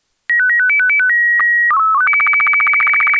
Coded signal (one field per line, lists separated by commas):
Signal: SSTV (slow-scan television)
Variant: Robot BW 8